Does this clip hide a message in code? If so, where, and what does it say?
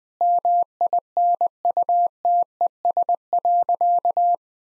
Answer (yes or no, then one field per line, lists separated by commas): yes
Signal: Morse code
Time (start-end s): 0.2-4.3 s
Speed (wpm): 20 wpm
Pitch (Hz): 700 Hz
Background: none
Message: MINUTES.